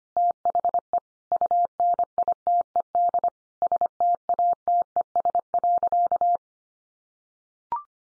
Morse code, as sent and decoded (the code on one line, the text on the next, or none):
- .... . / ..- -. .. - . -.. / ... - .- - . ... .-.-.-
THE UNITED STATES.